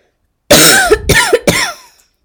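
Three quick, harsh coughs in a row within about one and a half seconds, each a sharp burst with a voiced, throaty edge, the last one trailing off. A plain adult cough, with a quiet room behind it.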